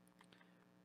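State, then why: Not seated. A plastic build-a-figure piece for the Atrocitus action figure is handled and lined up to plug straight into its body socket, with a few faint, brief plastic taps at about 0.2, 0.3 and 0.4 s over a steady low hum. Nothing has seated or clicked yet.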